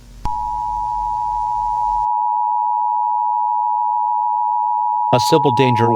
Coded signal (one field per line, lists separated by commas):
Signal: Emergency Alert System (SAME) tones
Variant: 853 and 960 Hz attention tone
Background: speech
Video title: EAS Scenario #2: Astro Zombies [Spring Fling entry]